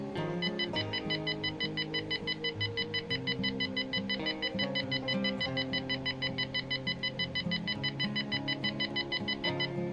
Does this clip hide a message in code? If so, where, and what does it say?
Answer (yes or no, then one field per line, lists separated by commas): no